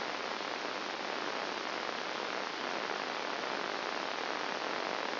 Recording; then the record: brain microelectrode recording played as sound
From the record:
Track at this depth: outside the subthalamic nucleus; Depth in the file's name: 0.004 mm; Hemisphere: right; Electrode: 2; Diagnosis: Parkinson's disease